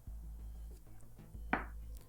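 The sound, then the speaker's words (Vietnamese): Dull, heavy thumps and a sharp clatter sound muffled through a floor from above, like someone stomping hard across it, over a low steady hum. “bên tai của anh nghe thấy những tiếng động lạch cạch. Nghe giống như có ai đó đang giẫm thật mạnh xuống nền nhà ở tầng lầu vậy.”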